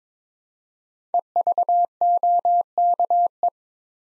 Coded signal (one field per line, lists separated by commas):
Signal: Morse code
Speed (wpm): 22 wpm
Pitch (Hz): 700 Hz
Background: none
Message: EVOKE